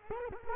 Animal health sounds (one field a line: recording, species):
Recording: mosquito wingbeat signal from an infrared sensor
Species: Culex quinquefasciatus